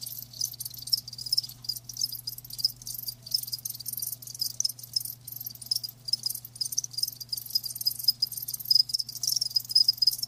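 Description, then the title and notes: Crickets chirping as a high, hissy pulsing chorus with irregular louder bursts over a low constant hum. Live crickets chirping, presented as a lulling sleep sound. "Live Crickets Chirping. Enjoy the lulling song of crickets to help you fall asleep and stay asleep. RainManCJ"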